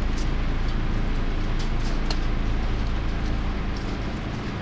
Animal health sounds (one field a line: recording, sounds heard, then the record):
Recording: poultry house recording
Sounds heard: no chicken sound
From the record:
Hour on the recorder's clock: 22